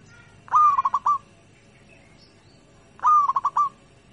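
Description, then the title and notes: Zebra dove song, two short phrases each a rising slurred coo followed by a few clipped beats, spaced about two and a half seconds apart. Local-type (lokal) zebra dove song. "Kicau Perkutut Lokal 1. Kicau Burung Perkutut"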